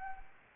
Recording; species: mosquito wingbeat signal from an infrared sensor; Anopheles gambiae